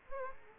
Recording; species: mosquito wingbeat signal from an infrared sensor; Culex quinquefasciatus